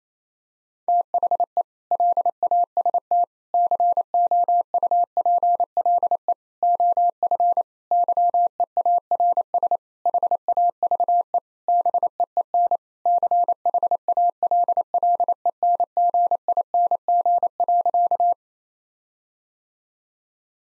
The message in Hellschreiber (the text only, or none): none